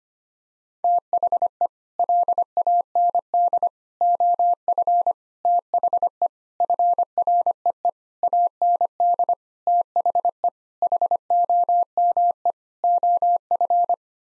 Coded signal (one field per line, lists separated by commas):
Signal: Morse code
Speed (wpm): 25 wpm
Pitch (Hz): 700 Hz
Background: none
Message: THE LAND OF THE FREE AND THE HOME OF